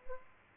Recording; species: mosquito wingbeat signal from an infrared sensor; Aedes albopictus